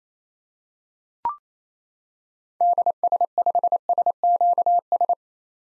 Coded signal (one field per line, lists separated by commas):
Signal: Morse code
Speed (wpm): 27 wpm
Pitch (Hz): 700 Hz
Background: none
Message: DS5SQS